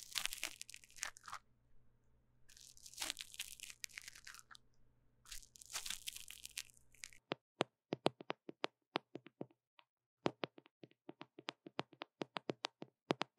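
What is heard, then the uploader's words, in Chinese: Deep cleaning of microphone ears. For the first seven seconds, bursts of bright crunching and scratching come in three clusters over a low steady hum. After that the hum drops away, leaving sharp, separate taps and clicks at an irregular, fairly quick pace until the end. 麥克風耳朵深度清潔。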